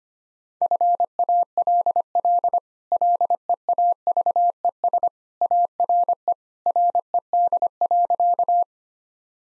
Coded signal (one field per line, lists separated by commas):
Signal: Morse code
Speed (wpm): 25 wpm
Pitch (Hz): 700 Hz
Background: none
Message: FALL LEAVES ARE RED.